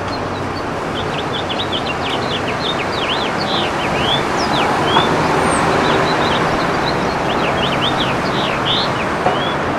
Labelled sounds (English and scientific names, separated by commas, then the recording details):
House Finch (Haemorhous mexicanus) song
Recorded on Long Island, New York, on 21 June 2011
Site IT
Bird B